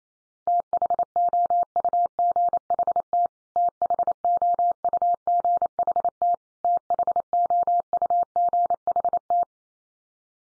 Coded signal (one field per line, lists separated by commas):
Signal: Morse code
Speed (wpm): 28 wpm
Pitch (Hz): 700 Hz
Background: none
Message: THOUGHT THOUGHT THOUGHT